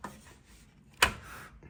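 A graphics card is pushed further into a motherboard PCIe slot, with a faint tick near the start and a sharp click from the slot's retention clip at 1.0 s, followed by a softer tick at 1.6 s. The clip clicks but does not fully latch onto the card, so the graphics card is only partly seated.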